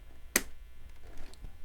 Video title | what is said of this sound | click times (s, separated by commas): Building my coworker a PC on a budget! | press it down until you hear a click | 0.4 s